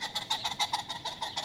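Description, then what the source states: Ring-necked Pheasant calls: a rapid series of short, harsh clucking notes, about seven each second, holding a steady pace. Ring-necked Pheasant population thriving in Detroit, Michigan.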